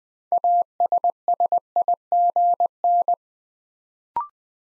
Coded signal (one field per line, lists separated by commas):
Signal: Morse code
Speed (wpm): 20 wpm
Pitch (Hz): 700 Hz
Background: none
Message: ASSIGN